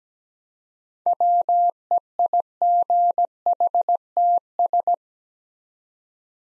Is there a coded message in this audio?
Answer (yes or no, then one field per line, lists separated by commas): yes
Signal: Morse code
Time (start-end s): 1.1-4.9 s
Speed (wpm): 17 wpm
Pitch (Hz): 700 Hz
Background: none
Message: WEIGHTS